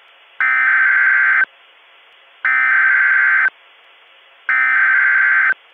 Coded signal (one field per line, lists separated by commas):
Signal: Emergency Alert System (SAME) tones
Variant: header bursts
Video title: EAS Mock - (Mistake) AMBER Alert in OH Remake 9-19-16